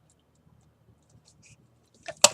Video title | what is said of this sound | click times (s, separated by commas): DIY Nautical Magnets and Push Pins | and i'm just going to close it did you hear it snap close it and release it | 2.2 s